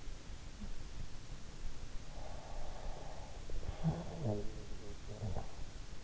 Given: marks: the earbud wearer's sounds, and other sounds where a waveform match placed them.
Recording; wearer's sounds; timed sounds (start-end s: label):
sounds in sleep by an in-ear microphone; snoring breath
2.04-5.65 s: snoring breath